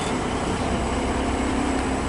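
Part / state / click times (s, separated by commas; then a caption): trailer kingpin into truck fifth wheel hitch / not seated / none. A truck backs under a fifth wheel trailer to couple the trailer's kingpin into the steel jaws of the truck's fifth wheel hitch, with a steady, low engine and vehicle rumble throughout and no distinct impacts. The hitch has not clicked or locked yet.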